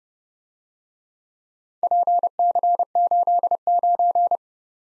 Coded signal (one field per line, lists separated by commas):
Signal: Morse code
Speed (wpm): 30 wpm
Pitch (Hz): 700 Hz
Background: none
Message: PC89